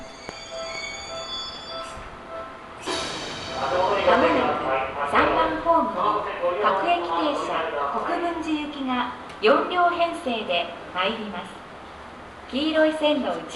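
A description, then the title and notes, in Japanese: A ride on a Seibu Railway train. A steady low rumble with a few faint high tones fills the first three seconds. Then a woman's voice, like an onboard announcement, speaks continuously over the running train noise, with a short pause just before 12 seconds. 耳で楽しむ鉄道旅 西武鉄道 本川越→東村山→小川→萩山→青梅街道。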